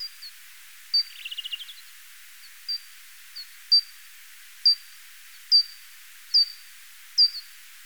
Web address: Pipistrellus abramus